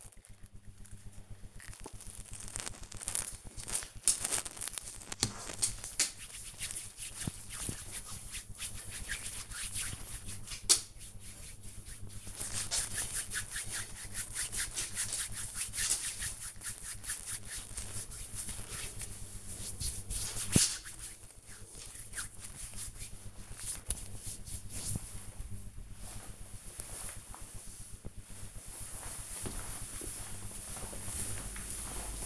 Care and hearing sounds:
household activities, microphone on the right wrist
0.00-24.41 s: cream hands

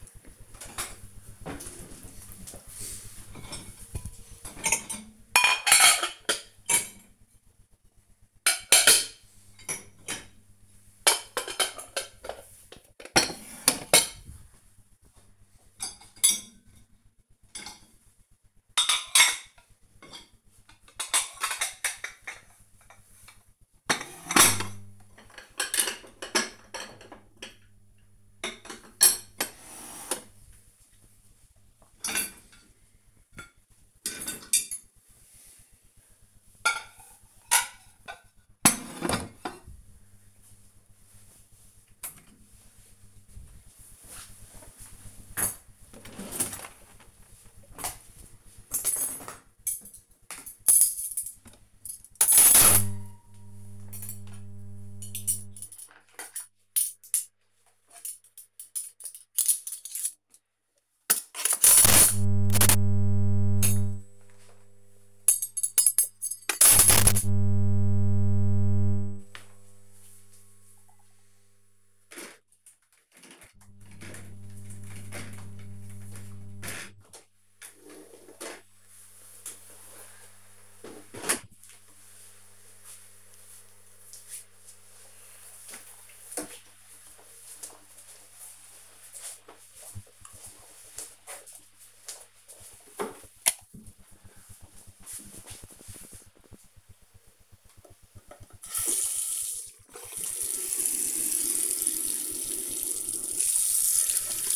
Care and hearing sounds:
household activities, microphone on the right wrist
0.00-81.69 s: cleaning out the dishwasher
96.77-104.55 s: washing hands

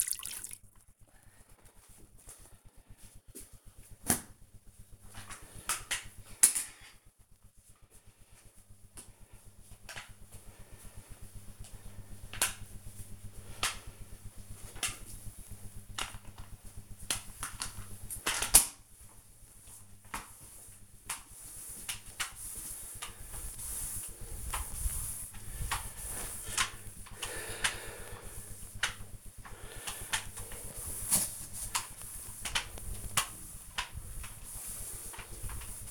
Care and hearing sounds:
household activities, microphone on the right wrist
0.00-35.91 s: floor cleaning

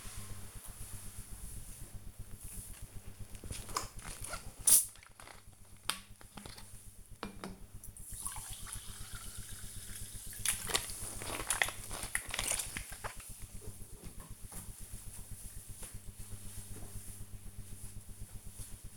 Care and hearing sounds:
household activities, microphone on the right wrist
13.41-18.97 s: drinking

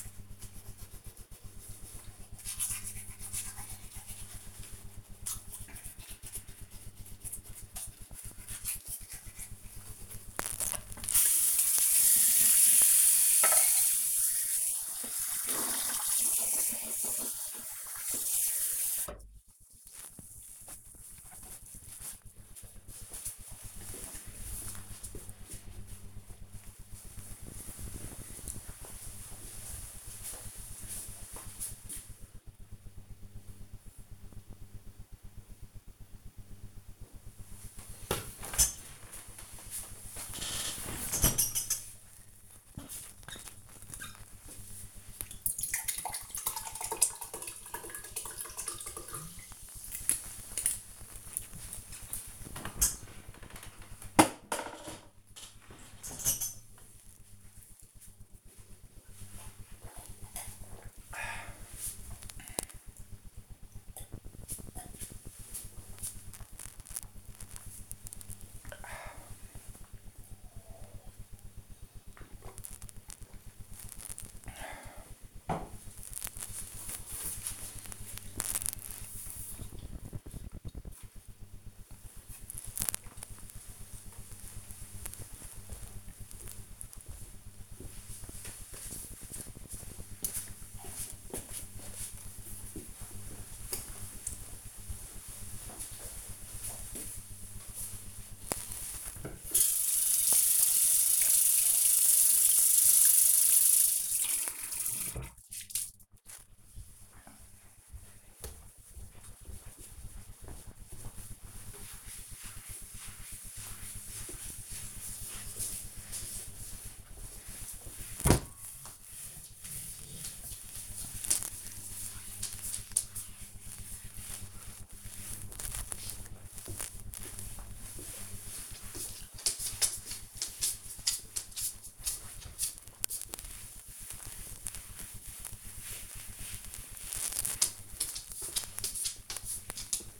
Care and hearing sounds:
household activities, microphone on the right wrist
0.00-18.80 s: brushing teeth
35.89-73.16 s: drinking
96.34-140.20 s: cleaning table

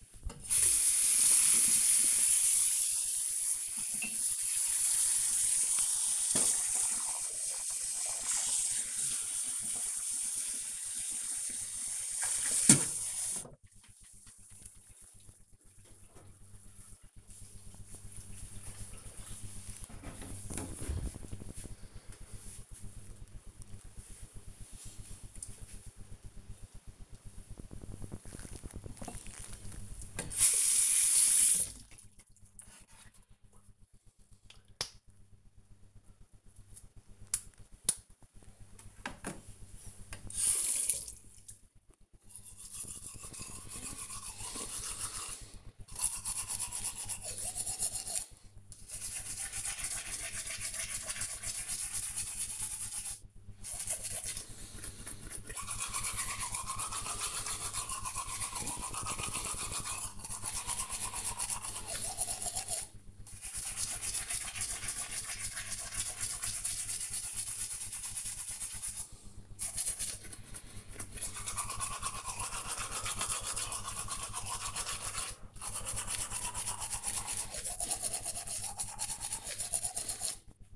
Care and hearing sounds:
household activities, microphone on the right wrist
0.00-13.86 s: brushing teeth
28.93-80.76 s: brushing teeth

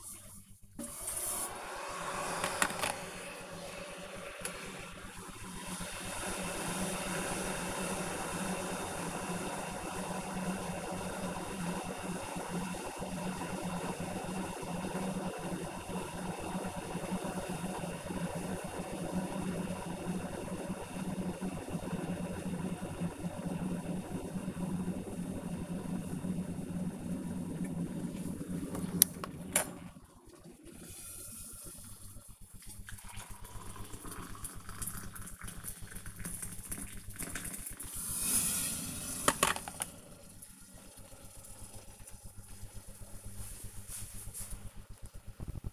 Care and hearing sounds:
household activities, microphone on the right wrist
0.00-40.81 s: making tea

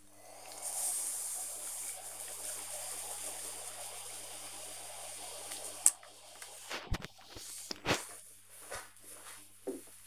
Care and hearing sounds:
household activities, microphone on the right wrist
0.00-10.07 s: ironing laundry

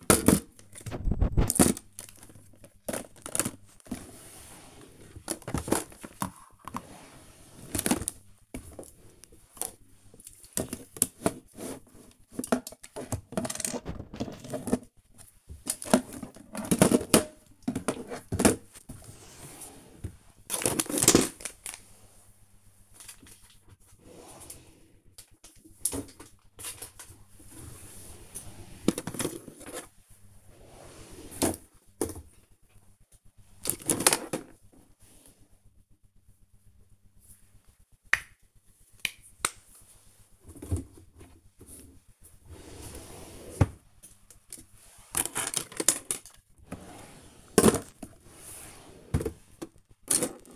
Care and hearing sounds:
household activities, microphone on the right wrist
0.00-50.56 s: tidy up the cupboard

